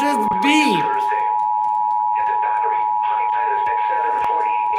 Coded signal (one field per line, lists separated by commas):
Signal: Emergency Alert System (SAME) tones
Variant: 853 and 960 Hz attention tone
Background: speech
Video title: IP - Required WEEKLY Test - NO EAS